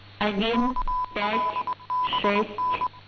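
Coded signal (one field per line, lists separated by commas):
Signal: Morse code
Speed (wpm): 23 wpm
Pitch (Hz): 1000 Hz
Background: speech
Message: KLBN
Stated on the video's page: Scheduled numbers-station Morse transmission: ID, second ID, group count, seven five-digit groups, end of transmission.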